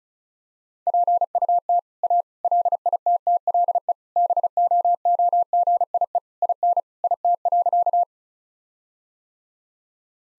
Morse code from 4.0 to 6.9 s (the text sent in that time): BOOGIE IN